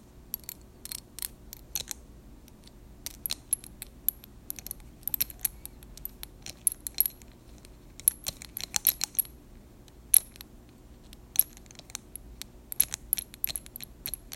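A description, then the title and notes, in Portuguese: Small dropper tips clicking and tapping against glass in rapid, irregular bursts of sharp, bright ticks over a low, steady hum. ASMR- CONTA GOTAS. Barulhinhos de conta gotas batendo no vidro.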